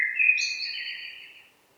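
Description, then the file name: Common blackbird, one brief fluted phrase overlaid with a thin high whistle, fading out after about a second and a half. "Turdus merula"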